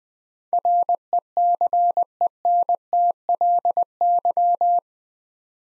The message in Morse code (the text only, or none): RECENTLY